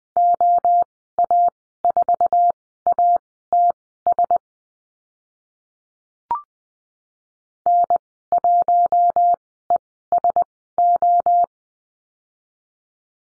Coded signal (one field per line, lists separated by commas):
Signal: Morse code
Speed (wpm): 20 wpm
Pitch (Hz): 700 Hz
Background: none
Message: OA4ATS N1ESO